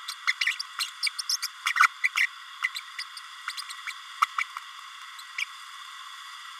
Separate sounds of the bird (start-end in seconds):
0.11-0.14, 0.27-0.32, 0.41-0.55, 0.59-0.62, 1.03-1.09, 1.18-1.22, 1.29-1.36, 1.42-1.47, 1.75-1.88, 2.03-2.08, 2.17-2.26, 2.63-2.69, 2.74-2.80, 2.98-3.03, 3.47-3.52, 3.87-3.92, 4.21-4.26, 4.38-4.43, 5.38-5.44